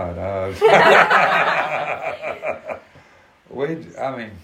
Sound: laughs